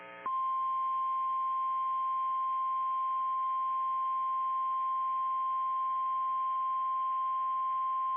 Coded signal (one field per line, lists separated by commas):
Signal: Emergency Alert System (SAME) tones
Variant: 1050 Hz attention tone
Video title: EAS Timeline: Deadly Derecho Strikes Downtown Sioux Falls, South Dakota NOAA Weather Radio